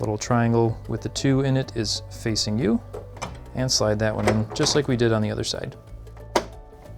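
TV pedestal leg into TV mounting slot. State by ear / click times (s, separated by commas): seated / 6.4 s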